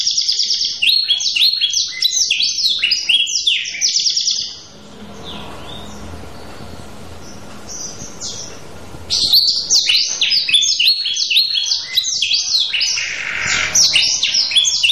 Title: LANGSUNG NYAUT GACOR DOR Kenari Manasaja, Dengan Kicau Kenari GACOR NGOTOT ROLL PANJANG